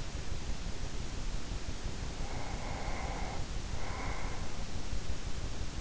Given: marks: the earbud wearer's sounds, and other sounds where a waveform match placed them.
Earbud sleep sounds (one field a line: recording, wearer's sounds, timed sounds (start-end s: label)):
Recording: sounds in sleep by an in-ear microphone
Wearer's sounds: breath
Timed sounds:
1.68-4.84 s: breath